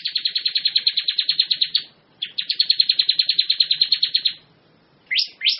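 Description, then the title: Bar-winged prinia song, two fast runs of rapid repeated chirps, then two sharp rising notes after a pause. "Suara Burung Ciblek"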